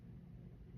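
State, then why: Not seated. Someone handles the trigger/sear mechanism of a project firearm assembly, working to re-engage it, over a steady low rumble concentrated below about 300 Hz with no sharp transients. The clip ends before the part goes home, and nothing has seated or clicked yet.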